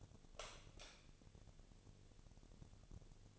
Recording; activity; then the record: daily activity, microphone in the room; light off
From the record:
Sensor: 4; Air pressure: 1000.9 hPa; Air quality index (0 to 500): 126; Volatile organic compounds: 1 ppm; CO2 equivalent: 946 ppm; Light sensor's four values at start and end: 35/90/37/40 and 33/81/34/36